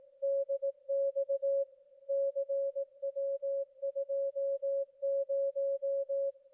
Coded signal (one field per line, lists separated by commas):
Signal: Morse code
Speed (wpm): 18 wpm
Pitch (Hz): 550 Hz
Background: none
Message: DX CW20